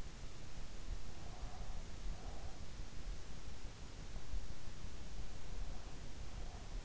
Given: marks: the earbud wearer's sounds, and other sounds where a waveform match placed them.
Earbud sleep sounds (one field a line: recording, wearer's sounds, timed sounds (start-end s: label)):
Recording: sounds in sleep by an in-ear microphone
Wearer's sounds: breath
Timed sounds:
1.10-2.74 s: breath
5.35-6.85 s: breath